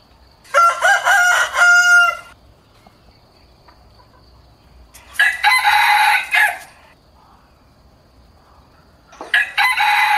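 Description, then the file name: Rooster crows three times, loud raspy cock-a-doodle-doos spaced a few seconds apart, the last one cut short at the end. "tieng ga trong gay"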